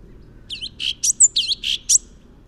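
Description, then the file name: Orange-bellied leafbird giving a brief run of several bright, chattering high notes with a squeaky whistle in the middle. "suara burung cucak cungkok orange bellied leafbird"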